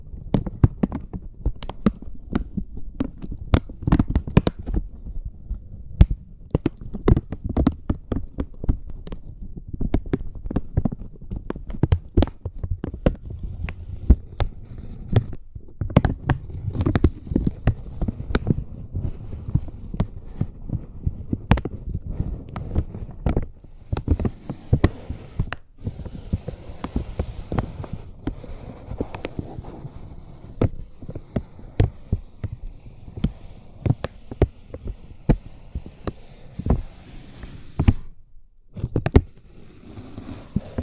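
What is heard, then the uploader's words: Slow, gentle crinkling with dense soft rustles and frequent sharp clicks throughout, a few brief near-silent gaps near 26 and 38 seconds. ASMR Slow & Gentle Crinkle Triggers. (No Talking).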